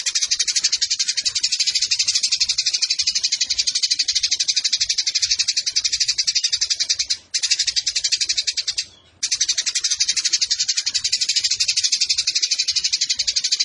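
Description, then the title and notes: Eurasian tree sparrow delivering a long, relentless stream of rapid, scratchy chirps, with two short gaps partway through. Fighting sparrow with long bursts and a clear voice; masteran tutor song for competition birds. "GEREJA TARUNG NEMBAK PANJANG SUARA JERNIH MASTERAN WAJIB BURUNG LOMBA. Burung Gereja"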